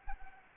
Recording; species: mosquito wingbeat signal from an infrared sensor; Anopheles gambiae